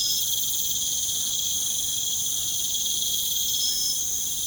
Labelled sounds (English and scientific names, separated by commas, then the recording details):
none
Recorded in pastures near Puerto Asís, Putumayo, Colombia, on 22 June 2025 at 19:30
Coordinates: 0.472, -76.331
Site G095